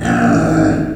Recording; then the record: squeal of a Yucatan mini pig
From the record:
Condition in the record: after surgery on the right vocal fold (resection and tissue-engineered implant); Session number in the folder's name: 3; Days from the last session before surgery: 21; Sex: female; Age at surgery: 19 weeks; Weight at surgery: 25 kg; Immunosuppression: prednisolone